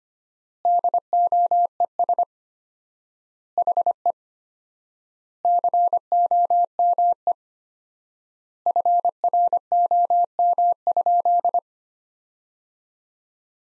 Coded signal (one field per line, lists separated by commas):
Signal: Morse code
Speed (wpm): 25 wpm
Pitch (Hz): 700 Hz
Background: none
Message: DOES HE COME FROM?